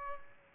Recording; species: mosquito wingbeat signal from an infrared sensor; Aedes albopictus